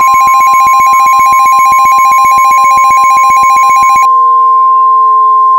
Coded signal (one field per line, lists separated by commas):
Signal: Emergency Alert System (SAME) tones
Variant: 1050 Hz attention tone